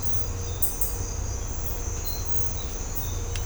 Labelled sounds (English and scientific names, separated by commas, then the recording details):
none
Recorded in secondary vegetation near Puerto Asís, Putumayo, Colombia, on 20 December 2024 at 06:00
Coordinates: 0.502, -76.326
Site G028